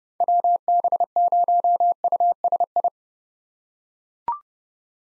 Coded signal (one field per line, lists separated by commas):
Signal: Morse code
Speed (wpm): 30 wpm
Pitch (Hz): 700 Hz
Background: none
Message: WB0USI